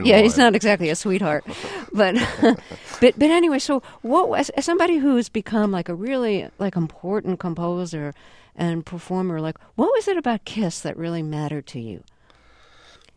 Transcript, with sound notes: he's not exactly a sweetheart. But...
(SOUNDBITE OF LAUGHTER)
But anyway, so, what - as somebody who has become like a really like important composer and performer, like what was it about Kiss that really mattered to you?